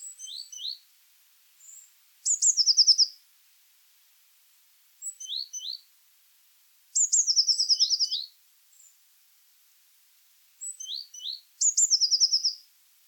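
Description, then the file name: Eurasian blue tit calling: high thin notes followed by fast, slightly falling trills, three trilled phrases among shorter paired high notes, with quiet gaps between. "Cyanistes caeruleus"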